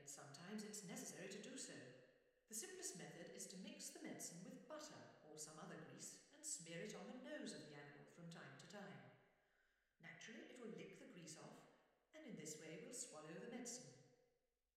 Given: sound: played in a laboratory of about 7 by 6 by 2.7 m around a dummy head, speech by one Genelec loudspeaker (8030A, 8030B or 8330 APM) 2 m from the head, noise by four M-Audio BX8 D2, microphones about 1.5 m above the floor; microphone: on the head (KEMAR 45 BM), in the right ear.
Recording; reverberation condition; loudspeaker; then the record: female speech in English; high; 90 degrees to the right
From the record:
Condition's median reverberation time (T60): about 1300 ms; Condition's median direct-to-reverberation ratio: about -4.0 dB